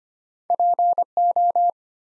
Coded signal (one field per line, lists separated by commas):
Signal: Morse code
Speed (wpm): 25 wpm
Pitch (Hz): 700 Hz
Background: none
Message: PO